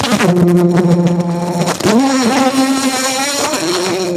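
Bumblebee buzz, a loud low hum that steps up in pitch partway through, then settles into a steady drone.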